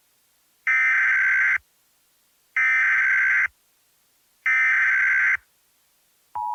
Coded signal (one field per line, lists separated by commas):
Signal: Emergency Alert System (SAME) tones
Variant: header bursts